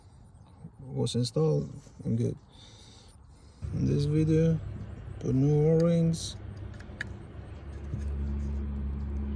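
Someone talks while a coolant hose fitting fitted with new O-rings is handled at the heater core of a Kenworth or Peterbilt truck, with two brief sharp ticks near 6.8 and 7.0 seconds and a steady low hum from about 8 seconds on. The fitting has not yet been pushed down onto the heater core, and nothing has seated or clicked yet.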